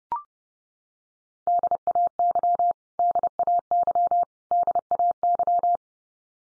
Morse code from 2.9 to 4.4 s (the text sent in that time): DAY